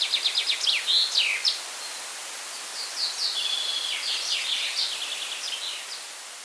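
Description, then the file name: Common chaffinch song: a rapid descending run of notes opens, then a second longer phrase follows, all over constant background hiss. "Fringilla coelebs"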